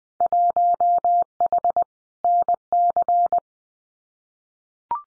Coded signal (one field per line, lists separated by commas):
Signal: Morse code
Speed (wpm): 20 wpm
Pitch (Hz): 700 Hz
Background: none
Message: 1H NC